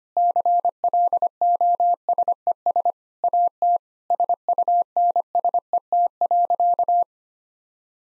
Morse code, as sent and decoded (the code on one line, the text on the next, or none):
-.-. .-.. --- ... . ... / .- - / ... ..- -. ... . - .-.-.-
CLOSES AT SUNSET.